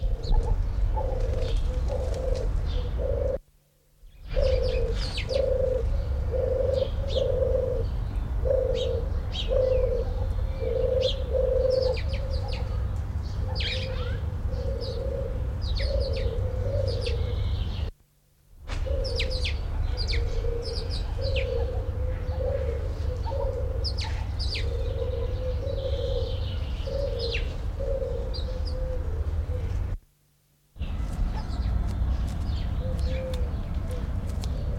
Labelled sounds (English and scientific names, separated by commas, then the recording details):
Himalayan Snowcock (Tetraogallus himalayensis) call
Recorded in captivity
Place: Zoo Dresden, Sachsen, DE
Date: 1993-05-17
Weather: heiter, 22-26 °C
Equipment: Sony WM-D6C, Sennheiser ME 80, Kopie Uher Variocord 263
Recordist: Tembrock, Günter